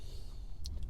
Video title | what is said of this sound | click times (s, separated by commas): Changing The Drive Belt Tensioner On A Mercedes C250 1.8l Turbo Engine | take your time to wiggle it into the positions and then snap it in place now | 0.7 s